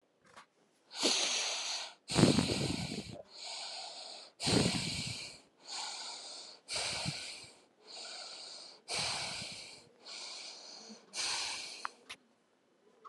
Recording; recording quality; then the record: shallow breathing; excellent, no background noise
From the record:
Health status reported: healthy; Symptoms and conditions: none ticked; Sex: female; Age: 26 years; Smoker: not ticked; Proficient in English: yes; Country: India